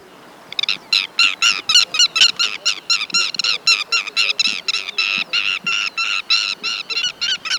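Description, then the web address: Andean lapwing giving a long run of loud, harsh, strident notes, rapid and insistent. Recorded in Ecuador. "Birds of Ecuador. Andean Lapwing"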